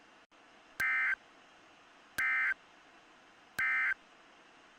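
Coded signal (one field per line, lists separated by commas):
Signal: Emergency Alert System (SAME) tones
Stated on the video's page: Valid EAS tones in self-made EAS screen recreations.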